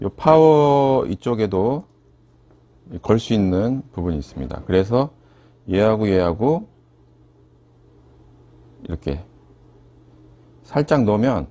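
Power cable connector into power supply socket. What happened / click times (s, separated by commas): The cable connector is only lined up and set lightly in place; no seating click is heard / none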